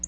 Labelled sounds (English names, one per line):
Black-throated Blue Warbler flight call